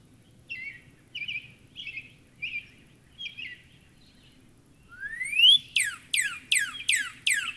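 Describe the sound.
Northern cardinal song: five short, evenly spaced notes, then a long rising whistle and a fast run of down-slurred whistles.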